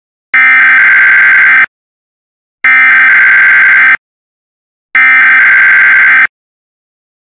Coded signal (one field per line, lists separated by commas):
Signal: Emergency Alert System (SAME) tones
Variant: header bursts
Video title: Peter Griffin Channel EAS Test